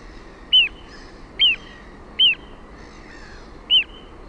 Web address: OMAT AANITYKSET PIKKUTYLLI